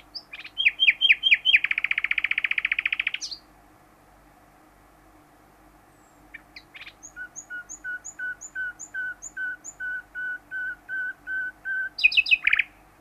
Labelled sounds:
Common Nightingale social call
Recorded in the wild
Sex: male
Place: Bopfingen, Baden-Württemberg, DE
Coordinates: 48.8419, 10.3767
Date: 1971-05-13
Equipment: Uher Report 4200, AKG D190C in Doppel-Parabolreflektor
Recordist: Krey, Winfried
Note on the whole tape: Gesang

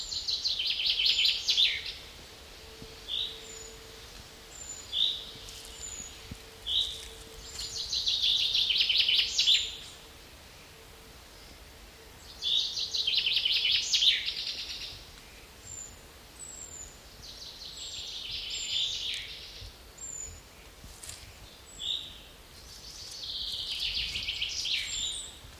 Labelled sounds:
Common Chaffinch song
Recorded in the wild
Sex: male
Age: adult
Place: Mühlenbecker See, Brandenburg, DE
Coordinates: 52.7, 13.4
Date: 1988-07-10 12:08
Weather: overcast, 17-20°C, winds
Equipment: Sony WM-D6C, Kopie Tesla B 116
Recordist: Tembrock, Günter
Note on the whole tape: Mühlenbecker See. mehrmals mit Doppel-"kick" endend

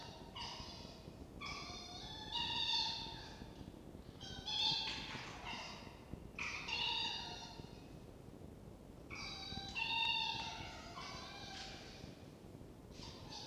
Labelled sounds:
Red Fox
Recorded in captivity
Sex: male
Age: diverse
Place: Zoologisches Institut der HUB, Berlin, DE
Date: 1952-11-20 18:15
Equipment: Elmetra
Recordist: Tembrock, Günter
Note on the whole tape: Toni/Castor: Keckern (hell) und Knätschen, dann reines Winseln (vermutlich Toni); Jupp (15, liegend): geschlossenes Bellen (oder Knurrbellen), wohl nach Pfau-Schrei-Situation gegen Castor

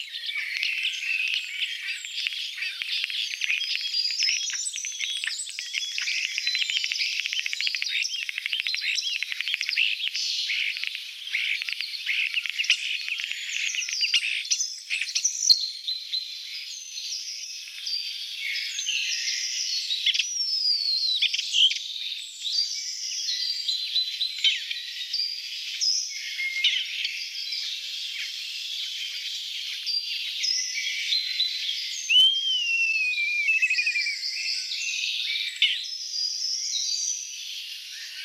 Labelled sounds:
European Starling song
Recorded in the wild
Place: Waltershofen / Freiburg im Breisgau, Baden-Württemberg, DE
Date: 1979-06-02
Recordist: Schwarz, Dieter

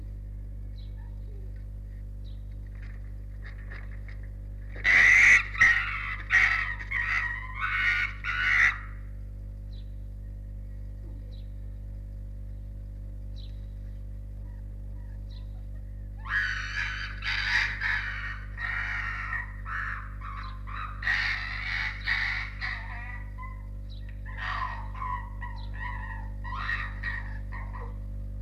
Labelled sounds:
Arctic Fox
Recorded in captivity
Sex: female
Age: adult
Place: Zoologisches Institut der HUB, Berlin, DE
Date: 1958-04-06 13:15
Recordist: Tembrock, Günter
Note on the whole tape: Fuchsanlage: "Nina": Knätschen, fast kreischend, dann auch winselnd gegen Rotfuchs-Rüden "Jau", der am Gitter droht

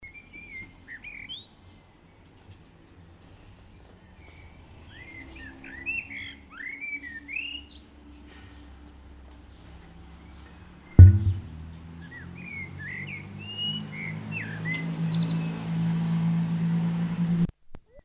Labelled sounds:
Common Blackbird song
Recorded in the wild
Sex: male
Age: adult
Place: Garmisch-Partenkirchen, Bayern, DE
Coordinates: 47.4922, 11.0728
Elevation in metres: 709
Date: 1973-04-25
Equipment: Nagra IV, Sennheiser MKH 405, Parabolreflektor
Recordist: Tretzel, Erwin
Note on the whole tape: Maximilianstraße, Garmisch-Partenkirchen: Gesang

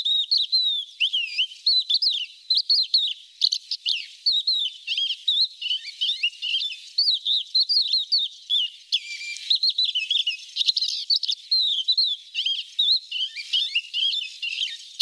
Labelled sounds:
Crested Lark song
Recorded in the wild
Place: Nagyivan / Hortobagy, HU
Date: 1988-05-03
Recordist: Schwarz, Dieter

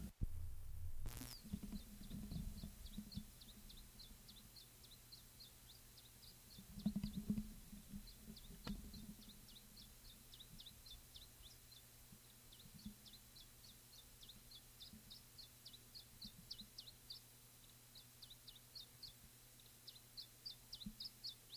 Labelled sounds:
Iberian Chiffchaff
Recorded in the wild
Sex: diverse
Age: adult
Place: Ramales de la Victoria, Nordspanien, Kantabrien, ES
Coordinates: 43.25, -3.46667
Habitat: shrubbery
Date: 1964-05-04 16:25
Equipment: Nagra III PH, LGS26
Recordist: Sapper

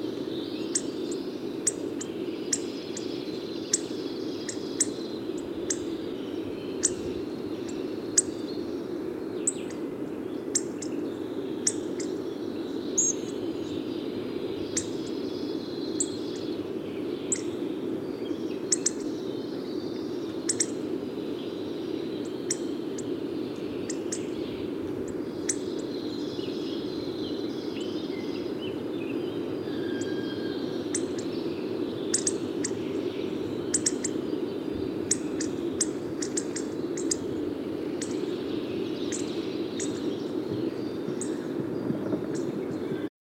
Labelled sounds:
Hawfinch call
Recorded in the wild
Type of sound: call
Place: Hohenzieritz, Mecklenburg-Vorpommern, DE
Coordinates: 53.457, 13.11
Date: 1980-05-01
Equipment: Nagra III BH, Sennheiser MD 21, parabola
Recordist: Schubert, Michael
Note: Rufe von mehreren Kernbeißern

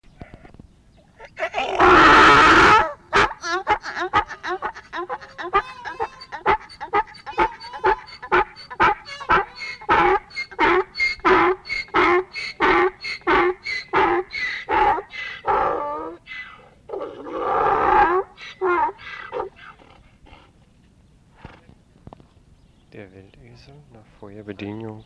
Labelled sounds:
Ass call
Green Peafowl
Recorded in captivity
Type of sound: call sequence
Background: Pavo muticus
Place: Tierpark Berlin, Berlin, DE
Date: 1965-10-09 14:00
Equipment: Telefunken Magnetophon 300, Sennheiser MD 421, Transistorverstärker 2
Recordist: Tembrock, Günter
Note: Rufreihe, nachdem Beobachter letzte Wapiti-Rufe abgespielt hat. Abstand: 6 m. Aufnahmezeit: 14.00-18.00 Uhr

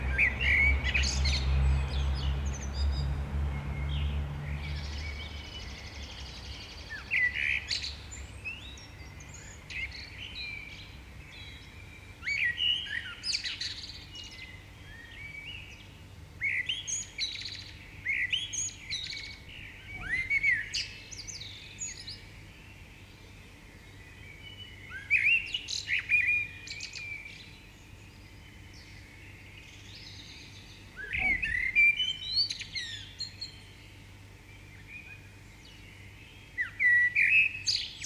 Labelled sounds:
Common Blackbird song
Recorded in the wild
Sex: male
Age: adult
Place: Bielefeld-Mitte, Nordrhein-Westfalen, DE
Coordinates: 52.0072, 8.54694
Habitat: residential district
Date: 1969-04-07
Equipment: Uher 4000 Report-S, Bändchenmikro Beyer M 260, Parabolspiegel Polyester (470 mm)
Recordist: Conrads, Klaus

